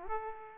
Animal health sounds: mosquito wingbeat signal from an infrared sensor; Aedes aegypti

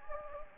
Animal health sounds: mosquito wingbeat signal from an infrared sensor; Anopheles gambiae

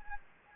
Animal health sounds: mosquito wingbeat signal from an infrared sensor; Anopheles gambiae

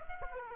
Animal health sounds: mosquito wingbeat signal from an infrared sensor; Aedes aegypti

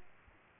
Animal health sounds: mosquito wingbeat signal from an infrared sensor; Aedes aegypti

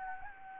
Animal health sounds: mosquito wingbeat signal from an infrared sensor; Anopheles gambiae

